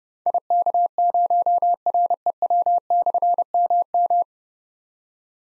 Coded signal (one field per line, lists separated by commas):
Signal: Morse code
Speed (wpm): 28 wpm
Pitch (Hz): 700 Hz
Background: none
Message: IK0REW/MM